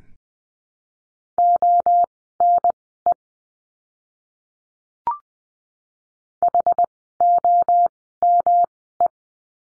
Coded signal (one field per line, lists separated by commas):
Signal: Morse code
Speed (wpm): 20 wpm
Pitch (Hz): 700 Hz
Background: none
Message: ONE HOME